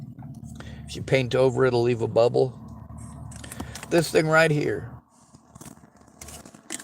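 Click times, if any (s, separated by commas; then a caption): 6.7 s. A snap-on cover is fitted over the top of a drink can or cup while someone talks, with small handling taps and scrapes. A sharp click at 6.7 s marks the cover snapping into place, seated.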